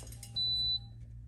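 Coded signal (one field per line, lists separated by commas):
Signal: beep code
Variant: Axent smart toilet seat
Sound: a single short high-pitched electronic beep, about half a second long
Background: low electrical hum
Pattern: 1 beep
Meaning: The seat detects that someone has sat down on it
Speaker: your seat gives you feedback every time you sit down on it.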